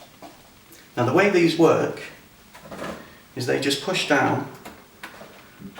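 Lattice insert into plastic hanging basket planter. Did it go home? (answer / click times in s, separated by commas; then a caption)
yes / 5.0 s. Someone talks while a plastic lattice gate insert is pushed down into an Easyfill Original plastic hanging basket planter. A short, sharp click at 5.0 s marks the insert snapping into place, seated.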